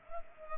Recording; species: mosquito wingbeat signal from an infrared sensor; Culex pipiens